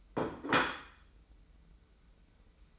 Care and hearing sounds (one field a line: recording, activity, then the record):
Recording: daily activity, microphone in the room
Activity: place plate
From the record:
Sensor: 1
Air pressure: 990.8 hPa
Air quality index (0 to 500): 133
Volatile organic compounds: 437 ppm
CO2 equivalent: 4729 ppm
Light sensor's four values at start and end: 24/57/24/26 and 24/57/24/26